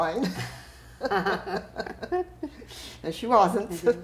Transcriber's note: laughs